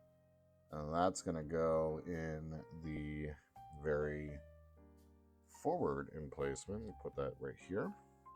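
Someone talks over soft background music while handling part B9 of a card stock 4D Build Star Wars Venator Class model kit, placing it into the very forward emplacement, where its tabs go into slots on the other side of the model frame. Nothing has seated or clicked yet; the part is handled but not yet locked into place.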